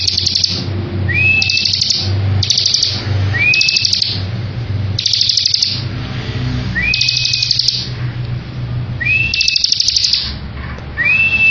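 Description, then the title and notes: Bar-winged prinia song: repeated high buzzy rattling bursts, several followed by a short upslurred whistle, over a steady low hum. Ngebren song style, used as a tutor recording for training white-rumped shamas. "Ciblek Ngebren Untuk Masteran Murai Batu. Suara burung ciblek - Suara Nada"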